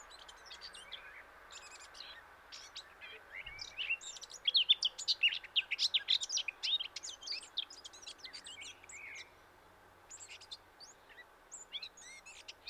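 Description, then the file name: Eurasian blackcap song, a rapid scratchy warble of high clicks and chirps peaking in the middle, fading to scattered notes, over steady background hiss. "Sylvia atricapilla"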